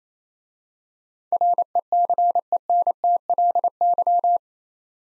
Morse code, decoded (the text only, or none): RECENTLY